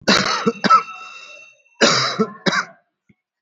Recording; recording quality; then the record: heavy voluntary cough; excellent, no background noise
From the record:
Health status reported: COVID-19 positive, moderate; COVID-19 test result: positive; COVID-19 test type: RT-PCR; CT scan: not taken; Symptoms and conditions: cold, sore throat, loss of smell and taste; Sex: male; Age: 45 years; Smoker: yes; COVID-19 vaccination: one dose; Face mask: worn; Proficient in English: yes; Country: India